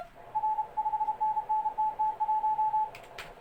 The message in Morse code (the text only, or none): R 5NN TT1